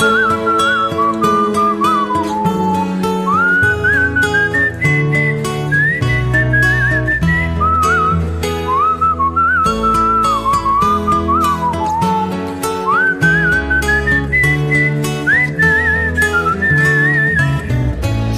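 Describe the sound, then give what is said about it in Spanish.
A person whistles a flowing melody with rising and falling phrases, bright and steady, over a full instrumental backing of bass and chords that continues throughout. “siempre silbaba una canción casi olvidada.”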